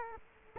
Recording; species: mosquito wingbeat signal from an infrared sensor; Culex quinquefasciatus